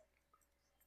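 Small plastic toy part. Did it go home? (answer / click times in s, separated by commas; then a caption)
no / none. The plastic leg part of a vintage G1 Aerialbot transforming robot toy is pulled down toward its locked robot-mode position, making only faint, brief plastic ticks over a quiet background, the most noticeable around 0.3 s. The leg does not click fully into place, and nothing has seated or clicked yet.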